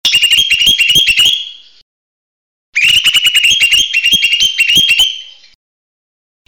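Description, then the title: Bird song: two long runs of rapid, harsh, pulsed chirping at a high pitch, with a pause between and another burst starting at the close. "SuaraBurung Kicau1"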